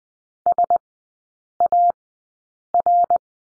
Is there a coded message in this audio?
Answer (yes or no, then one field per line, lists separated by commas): yes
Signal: Morse code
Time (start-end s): 0.5-3.2 s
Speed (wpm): 20 wpm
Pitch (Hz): 700 Hz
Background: none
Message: SAR